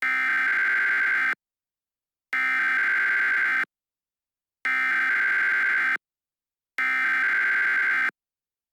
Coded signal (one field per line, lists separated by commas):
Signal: Emergency Alert System (SAME) tones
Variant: header bursts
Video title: EAS MALDEN